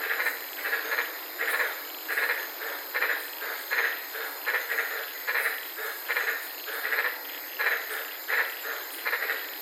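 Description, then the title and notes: White-lipped tree frogs give repeated pulsed barking calls in a lively chorus, with steady insect whine behind. White-lipped frogs at night in the Daintree rainforest, Queensland, heard from inside a car. "White Lipped Frog Podcast. I was sitting in my car in the Daintree rainforest in Queensland this night and fell asleep listening to these amazing White lipped frogs"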